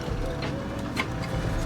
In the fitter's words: You should hear a little click.